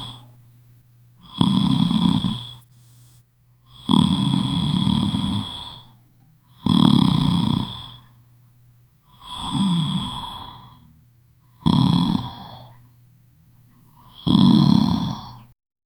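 Six loud, rough snoring breaths over about 16 seconds, a girl snoring loudly while asleep.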